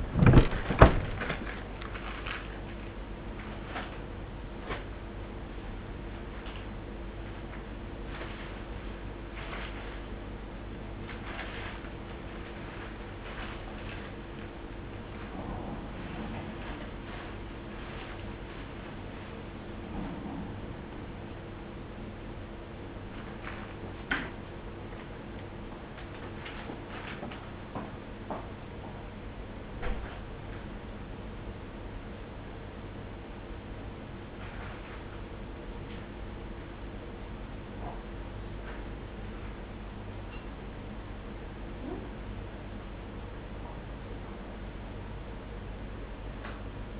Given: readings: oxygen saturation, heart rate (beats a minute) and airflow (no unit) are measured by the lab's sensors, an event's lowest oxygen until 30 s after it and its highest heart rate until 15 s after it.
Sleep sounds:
a person awake in a sleep study, by a voice recorder at the bedside; none
0.00-47.00 s: awake
From the record:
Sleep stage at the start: awake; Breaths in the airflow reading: 14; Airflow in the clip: -0.7 to 0.6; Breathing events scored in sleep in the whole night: 101 in 7.3 hours asleep

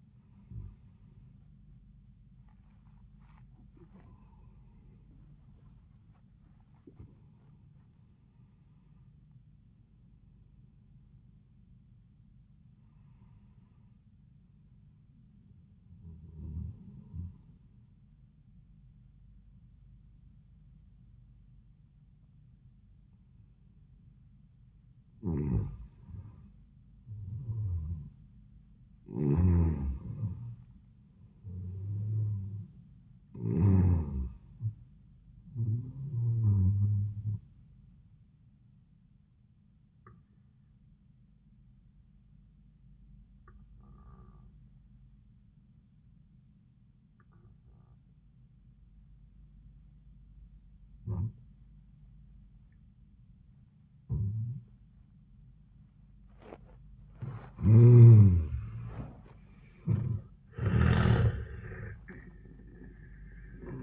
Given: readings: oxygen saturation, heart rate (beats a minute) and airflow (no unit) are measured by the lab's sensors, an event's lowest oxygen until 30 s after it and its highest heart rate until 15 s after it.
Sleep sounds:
breathing in sleep by a smartphone at the bedside; 2
0.00-6.00 s: awake
5.00-63.83 s: new sleep stage, N1 (lightest sleep)
16.00-29.10 s: hypopnea (N1, oxygen 98% highest, then 91% lowest, heart rate 104 at the start, 104 highest)
41.00-57.80 s: obstructive apnea (N1, oxygen 97% highest, then 84% lowest, heart rate 80 at the start, 93 highest)
From the record:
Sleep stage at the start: awake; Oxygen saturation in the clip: 87 to 98%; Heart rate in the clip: 80 to 106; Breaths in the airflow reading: 9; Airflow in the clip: -29.6 to 28.6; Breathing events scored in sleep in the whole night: 400 in 8.7 hours asleep

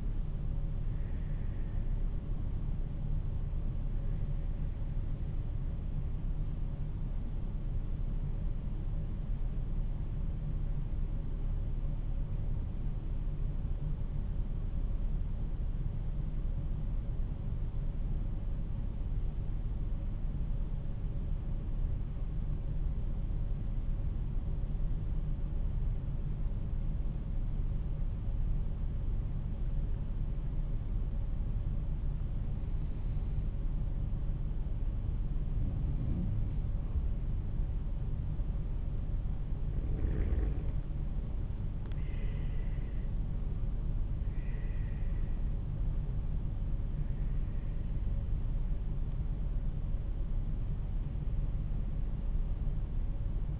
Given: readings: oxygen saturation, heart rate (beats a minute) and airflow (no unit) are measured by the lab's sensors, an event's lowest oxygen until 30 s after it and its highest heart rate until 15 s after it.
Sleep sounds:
breathing in sleep by a smartphone at the bedside; 1
12.00-34.30 s: hypopnea (N1, oxygen 95% highest, then 89% lowest, heart rate 53 at the start, 61 highest)
27.00-53.60 s: new sleep stage, N2 (light sleep)
From the record:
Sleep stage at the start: N1 (lightest sleep); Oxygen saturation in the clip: 89 to 95%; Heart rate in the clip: 48 to 61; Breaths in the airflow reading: 10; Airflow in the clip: -5.9 to 11.0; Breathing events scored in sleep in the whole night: 388 in 6.5 hours asleep

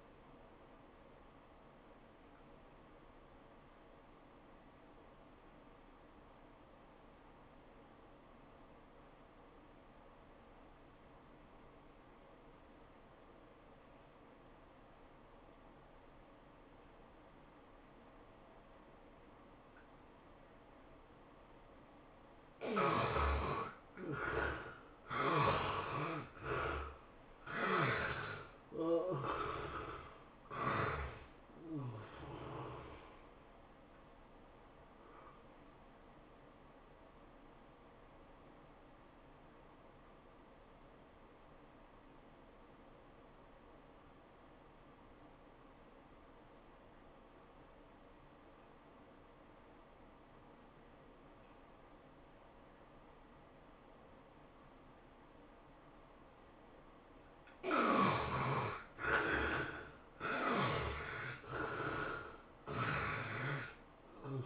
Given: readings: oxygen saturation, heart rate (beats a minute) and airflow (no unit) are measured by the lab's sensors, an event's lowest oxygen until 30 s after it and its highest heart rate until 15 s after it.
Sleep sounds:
breathing in sleep by a voice recorder at the bedside; 2
4.00-22.60 s: obstructive apnea (N1, oxygen 95% highest, then 70% lowest, heart rate 95 at the start, 106 highest)
10.00-64.46 s: new sleep stage, N2 (light sleep)
41.00-58.90 s: obstructive apnea (N2, oxygen 96% highest, then 71% lowest, heart rate 95 at the start, 103 highest)
From the record:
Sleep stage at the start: N1 (lightest sleep); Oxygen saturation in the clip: 70 to 96%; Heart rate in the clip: 79 to 106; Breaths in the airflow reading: 8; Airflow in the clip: -18.0 to 18.6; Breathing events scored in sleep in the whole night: 403 in 5.5 hours asleep

